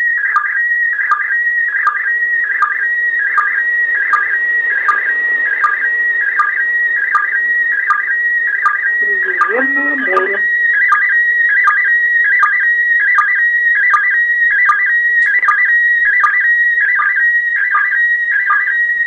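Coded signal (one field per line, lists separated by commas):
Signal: SSTV (slow-scan television)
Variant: PD180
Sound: warbling, chirping tone with a steady rhythmic tick about every three quarters of a second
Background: brief low noise disturbance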